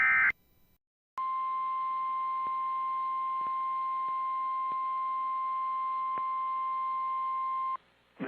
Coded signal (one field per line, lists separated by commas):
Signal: Emergency Alert System (SAME) tones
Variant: 1050 Hz attention tone